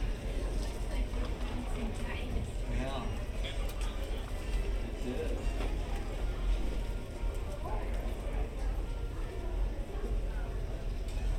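Hotel lobby ambience: a steady, dense murmur of overlapping voices over a constant low rumble. The level holds even throughout, with occasional brief brighter sounds, like a raised voice or a small clink, popping out around the middle.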